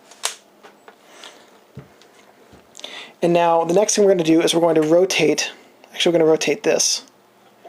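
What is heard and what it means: On a Pentax 6X7 MLU, the lens or coupling ring is being handled before it is rotated to lock the diaphragm coupling pin into the metering prism coupling. A few faint taps and handling noises are heard, the sharpest at 0.2 s and near 2.8 s, then someone talks. Nothing has seated or clicked into place yet.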